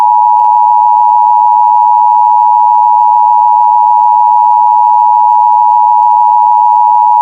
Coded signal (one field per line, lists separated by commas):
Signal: Emergency Alert System (SAME) tones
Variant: 853 and 960 Hz attention tone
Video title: May 24 | An EAS Scenario